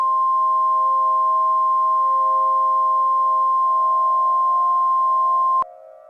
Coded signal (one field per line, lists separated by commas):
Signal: Emergency Alert System (SAME) tones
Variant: 1050 Hz attention tone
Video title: EAS Scenario- Fire Weather Outbreak